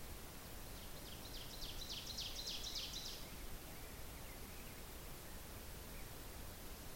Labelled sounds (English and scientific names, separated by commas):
Ovenbird (Seiurus aurocapilla) song